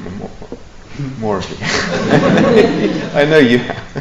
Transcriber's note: laughter